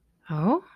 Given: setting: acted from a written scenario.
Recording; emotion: vocal sound without words; romantic love